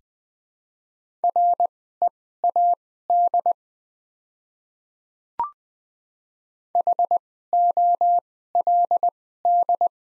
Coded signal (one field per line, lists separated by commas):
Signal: Morse code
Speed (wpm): 20 wpm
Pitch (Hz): 700 Hz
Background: none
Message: READ HOLD